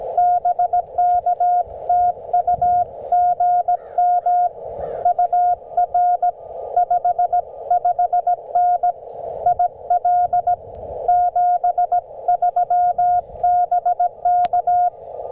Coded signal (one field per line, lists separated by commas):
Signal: Morse code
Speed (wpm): 18 wpm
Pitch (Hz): 700 Hz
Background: none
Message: BK TU GM UR 55N IL 73 BK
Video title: QRP CW POTA Activation at US-0548 | CFT1 5-Band Transceiver & Packtenna Setup